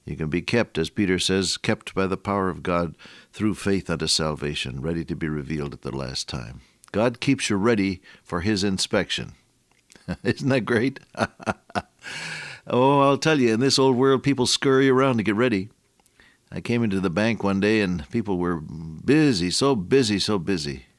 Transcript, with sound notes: You can be kept, as Peter says, “Kept by the power of God through faith unto salvation, ready to be revealed at the last time.” God keeps you ready for his inspection. Isn’t that great? [chuckle] Oh, I’ll tell you. In this old world, people scurry around to get ready. I came into the bank one day and people were busy, so busy, so busy,